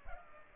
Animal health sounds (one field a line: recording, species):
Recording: mosquito wingbeat signal from an infrared sensor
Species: Culex pipiens